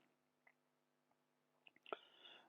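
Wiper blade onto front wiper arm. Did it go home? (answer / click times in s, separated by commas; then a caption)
yes / 1.9 s. A passenger-side wiper blade is pushed onto the front wiper arm of a Smart Car (453), replacing the tired original blades. Faint ticks at about 0.5 s and 1.7 s lead up to a sharp click at 1.9 s, followed by a brief rustling tail. The blade is seated on the arm.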